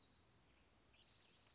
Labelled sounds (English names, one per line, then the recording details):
Black-throated Gray Warbler
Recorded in Sonoma County, California